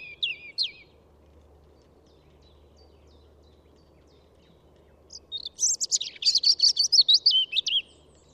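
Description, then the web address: European robin song: a brief high phrase at the start, then a long pause before a rich, tumbling phrase of thin warbles and sharp twittering notes. "SETE Erithacus rubecula"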